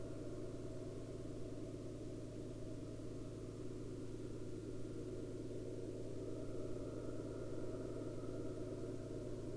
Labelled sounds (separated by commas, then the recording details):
man-made sound
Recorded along the Dempster Highway, Canada, on 29 April 2020 at 03:27
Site 12